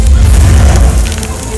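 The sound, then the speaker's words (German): A loud, steady roar of a farm field that has been set on fire at night, with deep rumbling underneath and scattered sharp crackles and pops throughout, holding constant for the whole stretch. “Ohne sich um ihren Freund zu sorgen, zündeten sie sein Feld an.”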